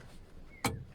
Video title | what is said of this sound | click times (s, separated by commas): 2009 Vauxhall Vectra 1.9CDTI Curtain Airbag / Front Seat Airbag | click that clip into there clip that clip into there and | 0.7 s